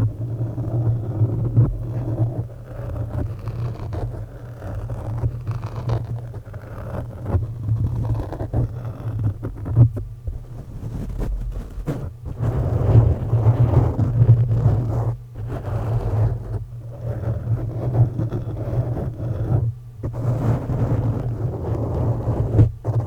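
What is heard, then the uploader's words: Microphone scratching rubs and crackles over a steady low rumble, with brief dropouts and denser bursts around 13 seconds and 20 seconds. Mic Scratching.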